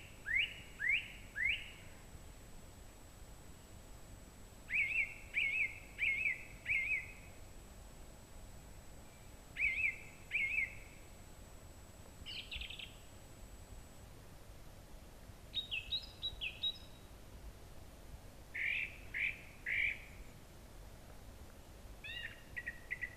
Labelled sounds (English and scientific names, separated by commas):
Song Thrush (Turdus philomelos) song